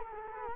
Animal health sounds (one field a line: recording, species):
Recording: mosquito wingbeat signal from an infrared sensor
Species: Culex quinquefasciatus